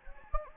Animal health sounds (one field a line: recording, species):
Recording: mosquito wingbeat signal from an infrared sensor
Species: Anopheles gambiae